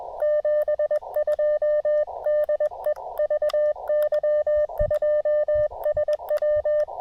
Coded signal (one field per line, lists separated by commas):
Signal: Morse code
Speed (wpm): 21 wpm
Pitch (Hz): 590 Hz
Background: none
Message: 72 DE VY2SW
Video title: On the Air Before the Downpour: Real-Time QRP POTA at Cap Tourmente!